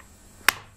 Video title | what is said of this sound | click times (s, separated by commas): Quenox Beauty-Dish 47cm für Aufsteckblitze mit Diffusor #eycquenox | braucht ihr einfach nur seitlich bis es klick macht | 0.5 s